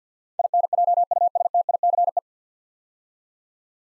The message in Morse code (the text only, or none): INJUSTICE